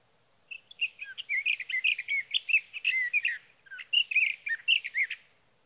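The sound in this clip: Sage thrasher singing a rapid, jumbled warble of rising and falling notes, with a brief pause in the later part before the run resumes.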